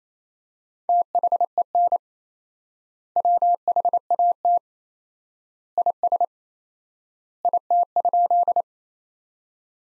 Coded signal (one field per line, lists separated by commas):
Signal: Morse code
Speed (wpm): 28 wpm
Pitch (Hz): 700 Hz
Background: none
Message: THEN WHAT IS IT?